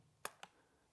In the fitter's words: Now it clicked in place. It stays in there.